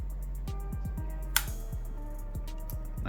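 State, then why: Seated. A 12 V slide-in battery pack is pushed into the handle of a Milwaukee 2457-21NTE M12 cordless ratchet over steady background music. A single sharp click sounds at 1.4 s as the pack locks into place, seated.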